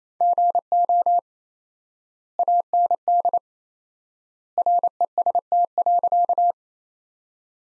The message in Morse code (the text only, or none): GO AND REST.